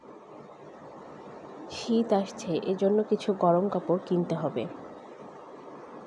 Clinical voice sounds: elicited speech; Bengali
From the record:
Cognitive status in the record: cognitively healthy

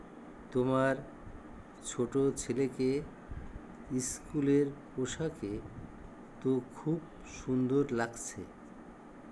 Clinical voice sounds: elicited speech; Bengali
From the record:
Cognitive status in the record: dementia

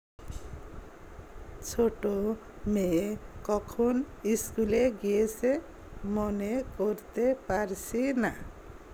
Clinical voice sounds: elicited speech; Bengali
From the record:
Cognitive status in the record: dementia

